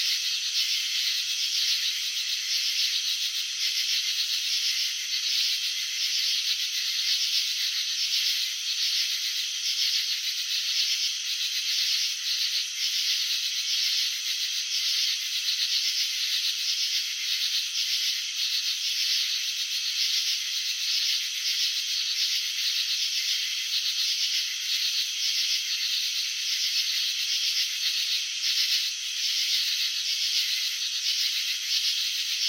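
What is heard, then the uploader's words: A dense, unbroken chorus of crickets trills without pause for the whole half-minute, a bright, high shimmer with no low sounds beneath it. The rapid pulsing stays steady and even in loudness throughout, with no other sounds breaking in. Cricket chirping.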